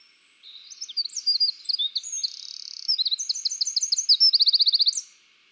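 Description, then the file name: Eurasian wren song, fast high chips building into a buzzy passage and finishing with a quick, loud rattling trill. "Troglodytes troglodytes"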